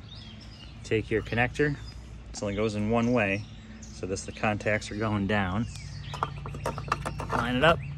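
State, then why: Not seated. An electrical connector is lined up with its contacts facing down, since it fits only one way, to go into an AC condenser unit while someone talks over faint background noise. A few brief taps and handling sounds come near the end, but nothing has seated or clicked yet.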